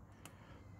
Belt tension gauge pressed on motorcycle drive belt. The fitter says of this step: and then middle of the sprockets just there and press gently until it clicks and then stop